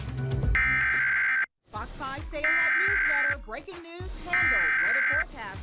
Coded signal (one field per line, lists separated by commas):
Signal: Emergency Alert System (SAME) tones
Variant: header bursts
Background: speech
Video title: A bunch of SVRs || EAS Alerts from 6/17 - 6/19, EAS #548 - #605